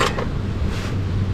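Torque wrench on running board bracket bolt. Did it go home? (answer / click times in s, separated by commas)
yes / 0.0 s, 0.2 s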